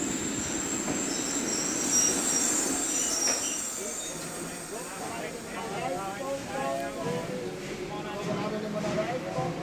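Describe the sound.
A train pulls in at a station with a shrill, steady high-pitched wheel squeal over a low rumble for several seconds; the squeal fades as a murmur of voices rises over the rolling noise.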